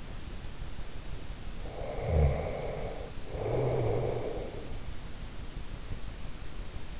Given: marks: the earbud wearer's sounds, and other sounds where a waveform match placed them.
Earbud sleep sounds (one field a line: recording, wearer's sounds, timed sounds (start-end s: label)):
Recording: sounds in sleep by an in-ear microphone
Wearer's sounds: snoring breath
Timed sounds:
1.55-4.75 s: snoring breath